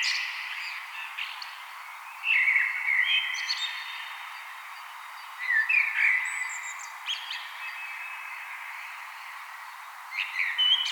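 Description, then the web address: Common blackbird song: mellow fluted phrases a few seconds apart, some ending in high twittering notes, over a steady background hiss. "vogelstimmen amsel gesang nabu lars lachmann"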